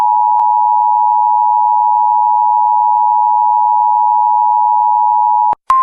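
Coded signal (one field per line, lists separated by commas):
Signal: Emergency Alert System (SAME) tones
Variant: 853 and 960 Hz attention tone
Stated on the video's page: Real US EAS alerts recorded during the year: required weekly tests, special marine warnings and flash flood warnings from various regions and broadcasters.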